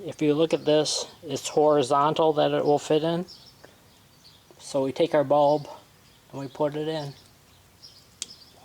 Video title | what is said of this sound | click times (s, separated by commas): Lincoln MKZ Tail Light, Light Bulb Replacement 2007 2008 2009 | snaps into place | 8.2 s